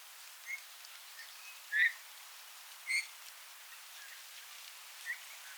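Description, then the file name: Eurasian bullfinch utters soft piping whistles, two stronger ones about a second apart among a few fainter ones, with faint patter in the background. "Pyrrhula pyrrhula"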